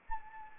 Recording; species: mosquito wingbeat signal from an infrared sensor; Anopheles arabiensis